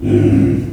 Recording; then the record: squeal of a Yucatan mini pig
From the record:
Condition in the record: after surgery on the right vocal fold (resection and tissue-engineered implant); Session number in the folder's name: 1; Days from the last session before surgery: 13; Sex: female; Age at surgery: 19 weeks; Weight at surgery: 25 kg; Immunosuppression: prednisolone